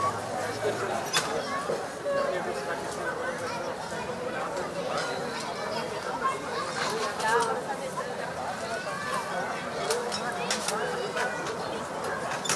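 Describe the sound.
Children play on a playground with a steady wash of overlapping voices and chatter, punctuated by frequent brief bright shouts and clatters throughout.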